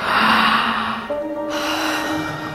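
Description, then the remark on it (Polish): A girl's long, loud yawn on waking at sunrise, breathy and drawn out, with a voiced tone that shifts higher partway through before trailing off. No words are spoken. “Dziewczynka przywitała nowy dzień siarczystym ziewnięciem.”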